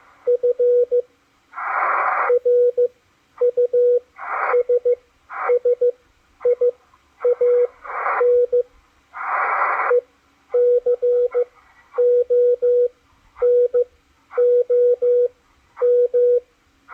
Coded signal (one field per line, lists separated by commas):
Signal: Morse code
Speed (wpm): 14 wpm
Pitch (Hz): 490 Hz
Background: radio noise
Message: F RUSSIAN ECONOM